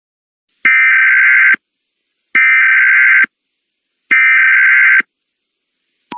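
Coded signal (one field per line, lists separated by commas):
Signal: Emergency Alert System (SAME) tones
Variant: header bursts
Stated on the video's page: Fictional EAS scenario about the Sudan conflict, using valid EAS tones.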